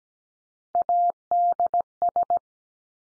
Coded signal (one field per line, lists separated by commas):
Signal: Morse code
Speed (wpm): 17 wpm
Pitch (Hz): 700 Hz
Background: none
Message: ADS